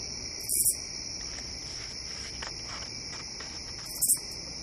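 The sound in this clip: Katydid giving short raspy bursts of about three quick pulses, twice, about three and a half seconds apart, over a steady high insect drone.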